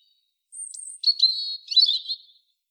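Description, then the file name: European robin song: a single phrase starting with a long, very high thin whistle, then a sustained warble and a fast, scratchy trill at the end. "Erithacus rubecula"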